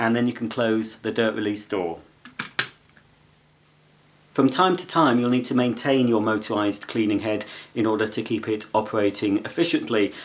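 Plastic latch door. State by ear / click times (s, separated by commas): seated / 2.6 s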